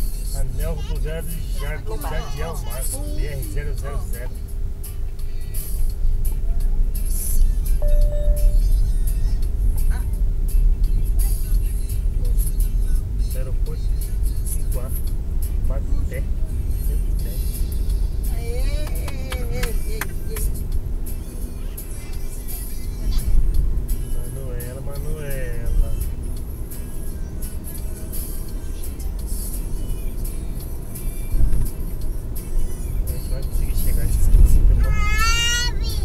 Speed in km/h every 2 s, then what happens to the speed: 21, 17, 15, 20, 26, 29, 31, 36, 41, 46, 49, 50, 50, 52, 55, 57, 59, 61.
0-5 steady at about 17. 5-36 speeds up to 61.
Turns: none.